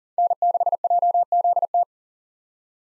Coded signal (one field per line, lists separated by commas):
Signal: Morse code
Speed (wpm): 40 wpm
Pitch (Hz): 700 Hz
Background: none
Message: N6JZT